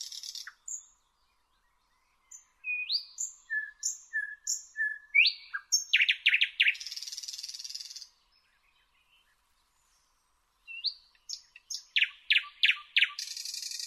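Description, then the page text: Thrush nightingale song: whistled notes and rising slurs, then loud clicking strokes and a buzzing rattle, a pause, and another phrase ending in clicks and a rattle. "Jelmer Poelstra - Обыкновенный соловей (Luscinia luscinia)"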